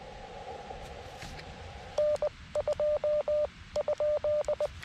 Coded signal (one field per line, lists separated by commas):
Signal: Morse code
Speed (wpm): 20 wpm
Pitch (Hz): 600 Hz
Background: radio noise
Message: N2?